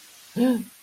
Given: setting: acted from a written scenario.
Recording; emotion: vocal sound without words; realization